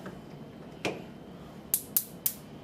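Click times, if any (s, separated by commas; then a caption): 1.7 s, 2.0 s, 2.3 s. A ratcheting hose clamp is squeezed shut onto a tubing coupling on an EdgeStar KC2000 tower assembly. A softer tick comes at 0.9 s, then three loud, sharp clicks at 1.7, 2.0 and 2.3 s as the clamp catches and tightens. The clicks are the sign that the clamp is getting tight, and it is seated.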